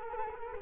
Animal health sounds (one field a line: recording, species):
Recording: mosquito wingbeat signal from an infrared sensor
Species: Culex quinquefasciatus